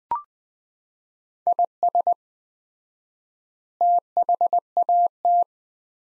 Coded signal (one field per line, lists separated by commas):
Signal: Morse code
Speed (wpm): 21 wpm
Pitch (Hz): 700 Hz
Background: none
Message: IS THAT